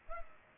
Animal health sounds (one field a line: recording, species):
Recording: mosquito wingbeat signal from an infrared sensor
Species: Culex pipiens